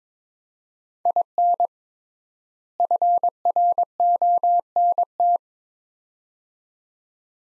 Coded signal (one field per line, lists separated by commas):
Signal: Morse code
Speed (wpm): 22 wpm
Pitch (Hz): 700 Hz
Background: none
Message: IN FRONT